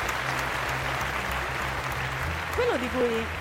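An audience applauds steadily throughout, a dense wash of many hands clapping at a fairly even level, with a brief tonal sweep and a low hum underneath toward the end.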